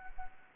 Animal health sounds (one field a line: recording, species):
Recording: mosquito wingbeat signal from an infrared sensor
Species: Anopheles gambiae